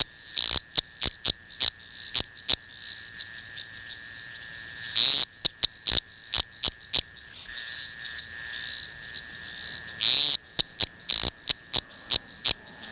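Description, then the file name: Eastern dwarf tree frog calling: a run of short, sharp clicking pips, then a drawn-out creaking note, repeated twice, ending with more pips. A steady buzzing continues behind. "Litoria fallax"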